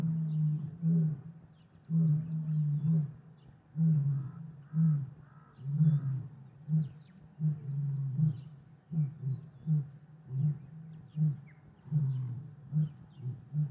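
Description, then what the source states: Lion giving a steady series of deep, short grunts, low throughout, with faint other sounds above. Lions in savannah.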